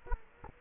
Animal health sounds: mosquito wingbeat signal from an infrared sensor; Culex quinquefasciatus

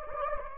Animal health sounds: mosquito wingbeat signal from an infrared sensor; Anopheles gambiae

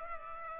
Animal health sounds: mosquito wingbeat signal from an infrared sensor; Culex pipiens

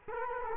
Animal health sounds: mosquito wingbeat signal from an infrared sensor; Culex quinquefasciatus

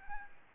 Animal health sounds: mosquito wingbeat signal from an infrared sensor; Aedes albopictus

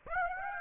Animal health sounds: mosquito wingbeat signal from an infrared sensor; Aedes aegypti

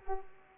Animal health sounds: mosquito wingbeat signal from an infrared sensor; Culex pipiens

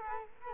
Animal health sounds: mosquito wingbeat signal from an infrared sensor; Culex quinquefasciatus

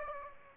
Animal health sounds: mosquito wingbeat signal from an infrared sensor; Aedes aegypti

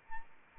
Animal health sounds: mosquito wingbeat signal from an infrared sensor; Anopheles arabiensis

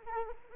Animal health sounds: mosquito wingbeat signal from an infrared sensor; Anopheles arabiensis

